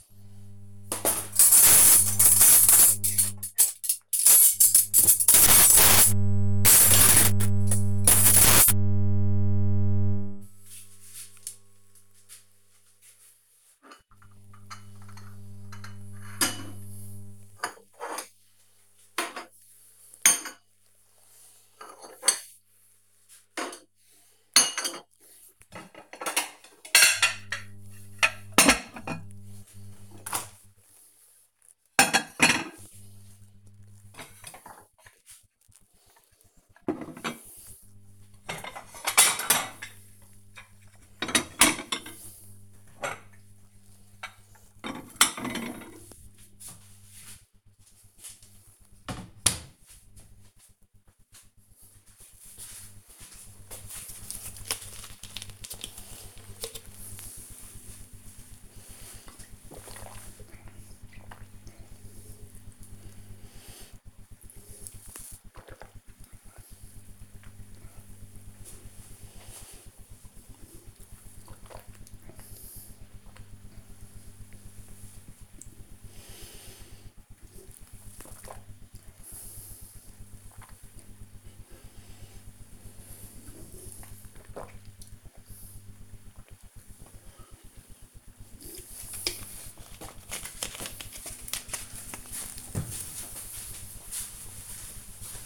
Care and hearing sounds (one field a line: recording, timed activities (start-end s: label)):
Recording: household activities, microphone on the right wrist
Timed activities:
0.00-49.05 s: putting away the dishes
54.08-89.26 s: drinking